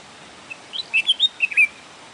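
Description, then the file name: Bulbul song phrase of several quick, fluty slurred notes, with light background hiss. "طائر البلبل"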